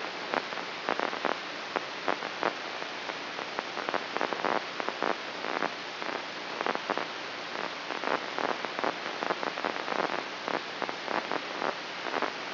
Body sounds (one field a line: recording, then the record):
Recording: brain microelectrode recording played as sound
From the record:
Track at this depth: inside the subthalamic nucleus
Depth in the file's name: 2.126 mm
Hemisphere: right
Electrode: 3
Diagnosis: Parkinson's disease